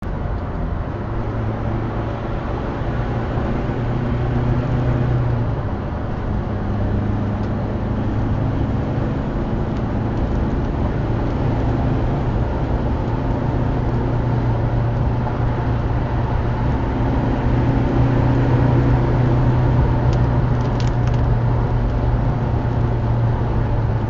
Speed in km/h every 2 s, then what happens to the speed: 126, 130, 140, 145, 154, 161, 168, 170, 169, 178, 172, 168.
0-18 speeds up to 178. 18-24 slows to 168.